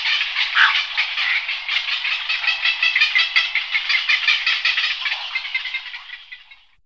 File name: volavka stribrita